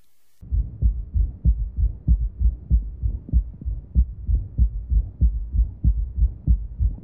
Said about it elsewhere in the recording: Example of a third heart sound will be somewhat quieter than our first example. We're listening with the bell of the stethoscope at the apex of the left ventricle. You hear the third heart sound wax and wane in its amplitude.